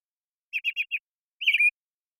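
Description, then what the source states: American Robin song with four short, evenly spaced whistled notes in a quick row, followed after a brief gap by one longer slurred caroling phrase. Morning song in a very long sequence, Pacific Northwest, Washington, United States; parabolic microphone recording, processed clean for clarity with natural pacing and rhythm kept.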